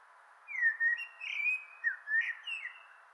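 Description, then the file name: Common blackbird delivering a mellow, flute-like warble of sliding whistled notes, steady and rich throughout, with faint high twitters above. "Turdus merula"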